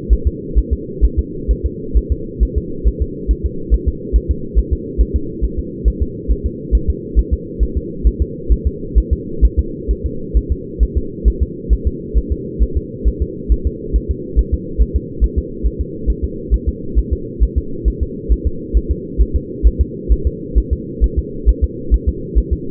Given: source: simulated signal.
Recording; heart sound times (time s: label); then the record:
fetal heart sounds
0.13 s: S1
0.27 s: S2
0.59 s: S1
0.73 s: S2
1.05 s: S1
1.19 s: S2
1.51 s: S1
1.66 s: S2
1.97 s: S1
2.12 s: S2
2.43 s: S1
2.58 s: S2
2.88 s: S1
3.02 s: S2
3.31 s: S1
3.46 s: S2
3.74 s: S1
3.88 s: S2
4.16 s: S1
4.31 s: S2
4.59 s: S1
4.73 s: S2
5.01 s: S1
5.16 s: S2
5.44 s: S1
5.59 s: S2
5.88 s: S1
6.02 s: S2
6.31 s: S1
6.46 s: S2
6.75 s: S1
6.90 s: S2
7.19 s: S1
7.33 s: S2
7.63 s: S1
7.77 s: S2
8.07 s: S1
8.22 s: S2
8.52 s: S1
8.67 s: S2
8.98 s: S1
9.13 s: S2
9.45 s: S1
9.59 s: S2
9.91 s: S1
10.06 s: S2
10.37 s: S1
10.52 s: S2
10.83 s: S1
10.98 s: S2
11.28 s: S1
11.43 s: S2
11.73 s: S1
11.87 s: S2
12.18 s: S1
12.32 s: S2
12.63 s: S1
12.77 s: S2
13.08 s: S1
13.22 s: S2
13.52 s: S1
13.67 s: S2
13.96 s: S1
14.11 s: S2
14.39 s: S1
14.54 s: S2
14.82 s: S1
14.96 s: S2
15.24 s: S1
15.38 s: S2
15.66 s: S1
15.81 s: S2
16.10 s: S1
16.24 s: S2
16.54 s: S1
16.68 s: S2
16.99 s: S1
17.13 s: S2
17.43 s: S1
17.58 s: S2
17.88 s: S1
18.03 s: S2
18.32 s: S1
18.47 s: S2
18.77 s: S1
18.91 s: S2
19.21 s: S1
19.36 s: S2
19.67 s: S1
19.81 s: S2
20.12 s: S1
20.27 s: S2
20.58 s: S1
20.73 s: S2
21.04 s: S1
21.19 s: S2
21.49 s: S1
21.64 s: S2
21.94 s: S1
22.09 s: S2
22.38 s: S1
22.53 s: S2
From the record:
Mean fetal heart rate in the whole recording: 135 bpm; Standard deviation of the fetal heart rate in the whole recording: 3 bpm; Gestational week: 34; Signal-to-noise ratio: -4.3 dB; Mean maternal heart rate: 72 bpm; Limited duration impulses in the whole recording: absent